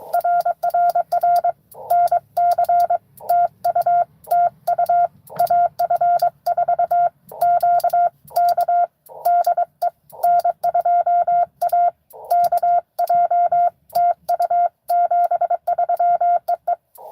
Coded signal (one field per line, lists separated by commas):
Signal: Morse code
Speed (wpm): 23 wpm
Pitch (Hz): 690 Hz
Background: none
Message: RRR NC TU TU AF4Q K DE N2AKJ TU 73 EE